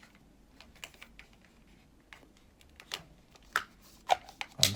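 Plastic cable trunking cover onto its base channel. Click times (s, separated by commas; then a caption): 3.6 s, 4.4 s, 4.6 s. The plastic lid of a D-line D-shaped cable trunking is pressed down by hand over an electric extension lead cable and onto its base channel until it locks. Soft rustling and light tapping lead into a series of sharp plastic snaps at 3.6, 4.4 and 4.6 seconds as the cover clicks shut and seats in place.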